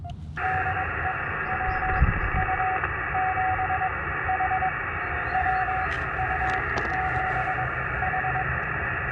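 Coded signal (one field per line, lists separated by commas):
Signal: Morse code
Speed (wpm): 22 wpm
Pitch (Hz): 750 Hz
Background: radio noise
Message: DE WU7H WU7H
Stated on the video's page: Portable Summits on the Air operation using an ATU-100 antenna tuner.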